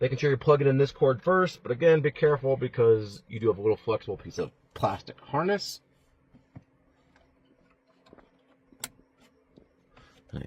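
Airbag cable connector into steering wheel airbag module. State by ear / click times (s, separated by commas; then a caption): seated / 8.8 s. On a Tesla Model Y Juniper with a yoke steering wheel, the airbag wiring cord is plugged into its connector on the steering wheel airbag module before the airbag goes back in, near a small flexible plastic harness. Someone talks for about the first 5.5 seconds, then faint small clicks and handling sounds follow in near quiet. One sharp, loud click at 8.8 s marks the connector seating.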